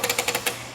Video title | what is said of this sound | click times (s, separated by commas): Fit Check: RockyMounts AfterParty Swing Away Bike Rack for 2 Bikes on a 2022 Honda Odyssey | you can hear it click which is how it secures your front and | 0.0 s, 0.1 s, 0.2 s, 0.3 s